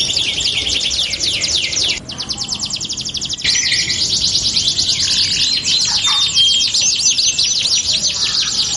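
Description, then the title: Canary song, long high trills with a short pause near two seconds, then a whistled note and continued rolling phrases. Belgian canary song used to warm up and stimulate canaries to sing; said to make canaries respond and join in within seconds. "Canto Para Esquentar Canário Belga. LANGSUNG NYAUT. Pancingan suara kenari hitungan detik langsung ikut bunyi"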